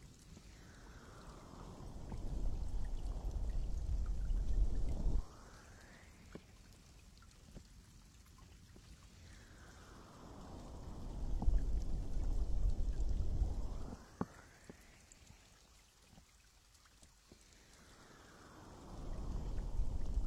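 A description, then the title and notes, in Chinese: A muffled deep-sea underwater sound swells and fades in slow waves, surging about every seven seconds. Each surge builds a heavy low rumble with a whooshing sweep that rises then falls away into a quieter, hollow lull with faint ticks. 舒缓催眠潜入深海 深海捂耳。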